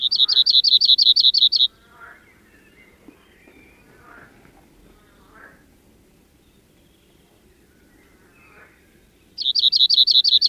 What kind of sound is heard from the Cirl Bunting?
song